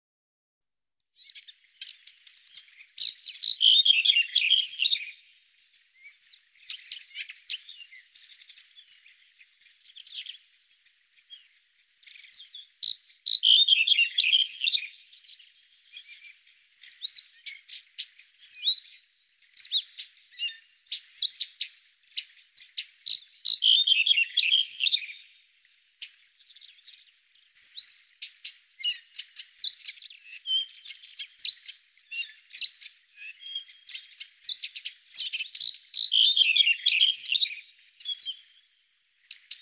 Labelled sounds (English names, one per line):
Red-headed Bunting song